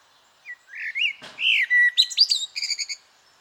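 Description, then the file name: Common blackbird song phrase: rich, fluting whistles sliding up and down, then a thin, rapid twittered flourish at the end. "Turdus merula"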